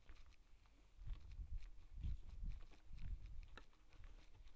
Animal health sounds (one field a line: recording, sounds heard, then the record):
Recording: poultry house recording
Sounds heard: no chicken sound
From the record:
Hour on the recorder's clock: 12